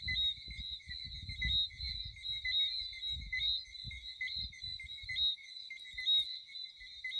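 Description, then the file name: Frogs in a shrill, unbroken trilling chorus, with low rumbling noise for the first five seconds and a faint click later. "Chant de grenouilles - Sound of frog"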